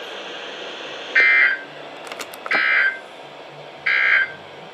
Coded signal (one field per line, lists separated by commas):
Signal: Emergency Alert System (SAME) tones